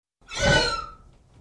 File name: Horse Neigh